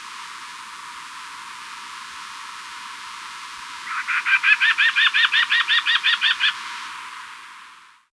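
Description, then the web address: Crescent-faced antpitta call: a rapid run of many evenly spaced, hollow notes that starts after a few seconds of soft hiss, then fades back to quiet. Ecuador. "Birds of Ecuador 2. Crescent-Faced Antpitta"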